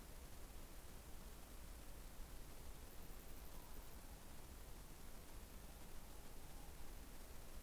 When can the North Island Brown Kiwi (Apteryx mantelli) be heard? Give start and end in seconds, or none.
none